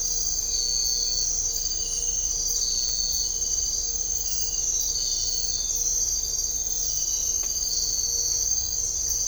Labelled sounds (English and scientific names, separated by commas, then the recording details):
none
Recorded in dense forest near Puerto Asís, Putumayo, Colombia, on 22 December 2024 at 03:00
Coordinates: 0.500, -76.322
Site G053